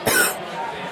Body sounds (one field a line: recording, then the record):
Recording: coughing mixed with background sound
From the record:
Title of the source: 30 Chesty and wet cough